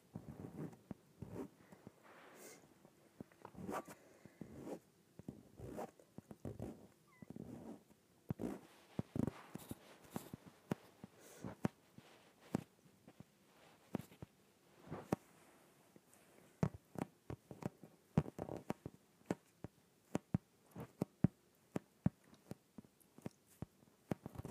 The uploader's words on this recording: ASMR Inflated Yoga Ball.